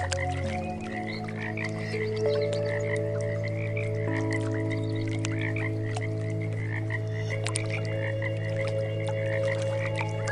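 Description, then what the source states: Short frog croaks repeating quickly and continuously as a chorus, laid over shifting music drones. Mixed with meditation music.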